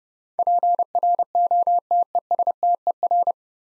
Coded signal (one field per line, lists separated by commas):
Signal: Morse code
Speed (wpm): 30 wpm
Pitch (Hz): 700 Hz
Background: none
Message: PROTESTER